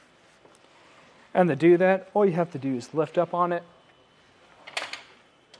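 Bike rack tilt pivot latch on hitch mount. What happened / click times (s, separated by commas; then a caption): The rack is being lifted but the latch has not yet seated / none. Someone talks while lifting the tilted-down RockyMounts GuideRail 2-bike hitch rack on a 2023 Kia Sportage back up toward its seated upright position on the pivot latch of the hitch mount. A short burst of handling noise follows around 4.8 s, then a faint tap near 5.5 s. The clip ends before the rack is home, so nothing has seated or clicked yet.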